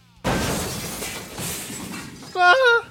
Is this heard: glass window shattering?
yes